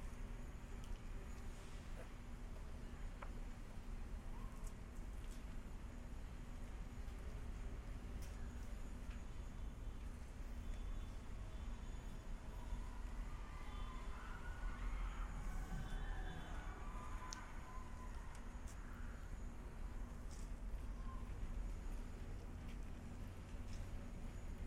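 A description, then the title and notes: Steady outdoor rumble at a school walkout, with a constant low hum and traffic-like noise filling the whole 25 seconds. Indistinct voices and crowd murmur rise around the middle, near fifteen to eighteen seconds, with a few brief clicks and knocks scattered throughout. National School Walkout: Garfield High School, Seattle, WA. The sounds of a nearby flagpole struck me as I observed the students... The collective scratchy sound of humans trying to be quiet in the midst of city noise becomes more intense when listening back.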